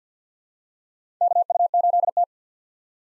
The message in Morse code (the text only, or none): KU8T